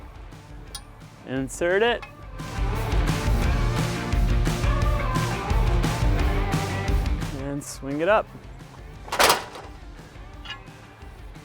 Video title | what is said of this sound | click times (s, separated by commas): Review of Holman's Drop-Down Ladder Rack for Ford Transit Vans | no need to go up there use straps or anything like that it is locked into place and is not going anywhere | 9.1 s